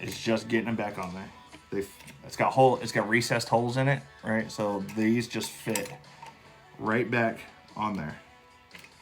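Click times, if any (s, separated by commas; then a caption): none. Handle pieces with recessed holes are being fitted back onto a tufting gun handle while someone talks, with a few faint handling sounds near the end. Nothing has seated or clicked into place yet.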